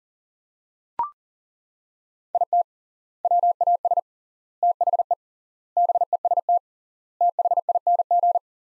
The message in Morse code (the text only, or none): IT WAS THE BEST THING